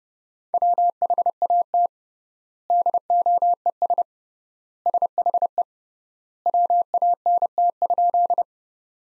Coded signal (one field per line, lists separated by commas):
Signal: Morse code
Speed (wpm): 32 wpm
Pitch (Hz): 700 Hz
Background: none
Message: WHAT DOES SHE WANT?